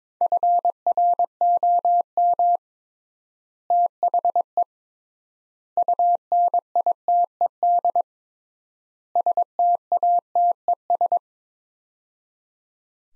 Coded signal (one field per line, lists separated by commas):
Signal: Morse code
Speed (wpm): 22 wpm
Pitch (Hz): 700 Hz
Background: none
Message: FROM THE UNITED STATES